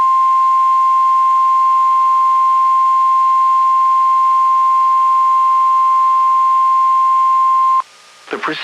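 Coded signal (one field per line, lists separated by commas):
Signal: Emergency Alert System (SAME) tones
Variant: 1050 Hz attention tone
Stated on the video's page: Required Weekly Tests received on NOAA Weather Radio.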